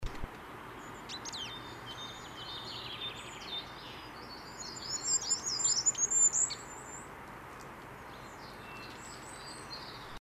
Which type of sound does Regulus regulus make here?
song